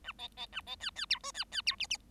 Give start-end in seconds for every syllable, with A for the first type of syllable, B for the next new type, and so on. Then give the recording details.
0.04-0.12 A, 0.18-0.28 B, 0.37-0.46 B, 0.52-0.61 A, 0.66-0.76 B, 0.80-0.90 C, 0.95-1.06 C, 1.10-1.19 D, 1.23-1.32 E, 1.34-1.44 C, 1.51-1.61 C, 1.66-1.75 D, 1.79-1.87 F, 1.90-1.97 F. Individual Bird7